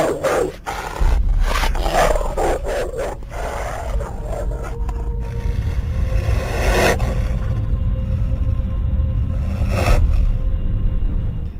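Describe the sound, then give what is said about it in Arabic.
A dog snarls and growls aggressively as it leaps at a man's face and knocks him to the ground amid a scuffle, with rough scraping and thrashing noises over a deep rumbling undertone, loud and continuous throughout. “لما غمضت الكلب فعلا ظهر ونط في وشي.”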